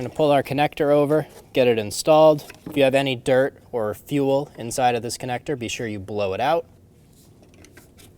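Someone talks while pulling a plastic fuel line quick-connect over toward the fuel pump module outlet during a fuel pump module assembly replacement on a 2012-2022 Volkswagen Passat 2.5L L5. After the talking stops at about 6.6 s, only faint, brief handling ticks are heard around 7.1 to 7.8 s. The connector has not yet been pushed home, and nothing has clicked or seated.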